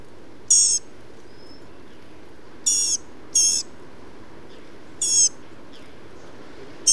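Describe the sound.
Blue-gray gnatcatcher calls: thin, buzzy, nasal high notes, five in seven seconds at uneven gaps, over a quiet low background hiss.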